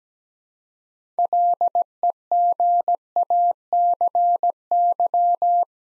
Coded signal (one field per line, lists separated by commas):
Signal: Morse code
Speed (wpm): 17 wpm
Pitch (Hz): 700 Hz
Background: none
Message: LEGACY